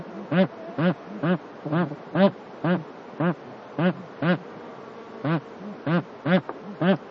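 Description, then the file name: Bar-headed goose uttering repeated honks at uneven intervals, with softer low grunts between them. "anser indicus"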